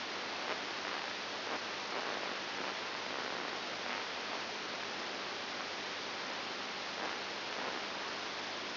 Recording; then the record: brain microelectrode recording played as sound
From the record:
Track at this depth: inside the subthalamic nucleus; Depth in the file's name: 5.901 mm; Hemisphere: left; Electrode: 2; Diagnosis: Parkinson's disease